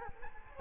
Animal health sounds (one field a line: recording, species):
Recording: mosquito wingbeat signal from an infrared sensor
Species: Culex quinquefasciatus